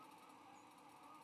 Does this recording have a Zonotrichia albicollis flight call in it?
no